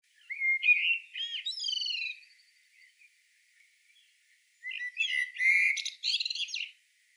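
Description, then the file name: Common blackbird song in two phrases, each a fluted warble finishing with high, thin squeaks and twitters, with a short quiet gap between them. "Turdus merula"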